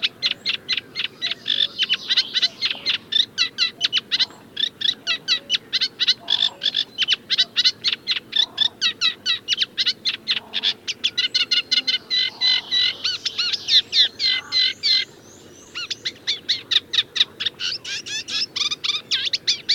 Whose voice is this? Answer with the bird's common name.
Eurasian Reed Warbler